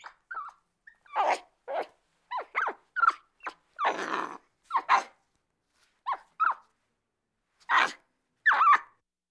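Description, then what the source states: Capuchin monkey calling agitatedly: sliding squeaks interspersed with several coarse, hoarse screams in an irregular sequence. Angry, agitated calling.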